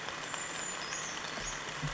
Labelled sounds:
Brown Creeper (Certhia americana)
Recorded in Sonoma County, California

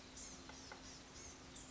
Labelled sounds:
Blue-gray Gnatcatcher (Polioptila caerulea)
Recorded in Sonoma County, California

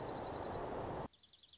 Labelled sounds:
Dark-eyed Junco (Junco hyemalis)
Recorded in Sonoma County, California

